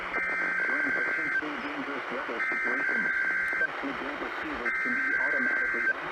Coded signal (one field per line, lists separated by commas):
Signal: Emergency Alert System (SAME) tones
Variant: header bursts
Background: speech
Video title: Tennessee Mockery from Utah... EAS Alerts from 10/5/20-10/23/20 (EAS #392-404)